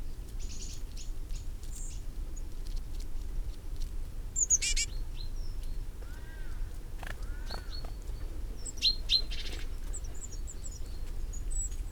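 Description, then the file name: Great tit calls: scattered short high chirps and a few lower arched notes, some in quick pairs, over a steady low rumble and crackling patter. "Parus major"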